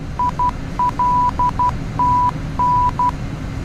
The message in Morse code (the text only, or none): ILTN